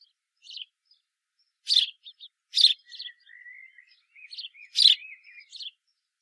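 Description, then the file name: House sparrow calling with three strong harsh chirps among rapid softer notes, with a drawn-out thin whistle running underneath. "Passer domesticus"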